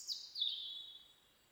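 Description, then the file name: European robin giving a very high note that slides downward, then a thin whistle that fades away. "Erithacus rubecula"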